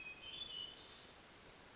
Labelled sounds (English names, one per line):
Hermit Thrush